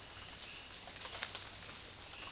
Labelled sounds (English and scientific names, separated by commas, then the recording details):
none
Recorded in dense forest near Puerto Asís, Putumayo, Colombia, on 25 June 2025 at 07:00
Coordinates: 0.466, -76.327
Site GP04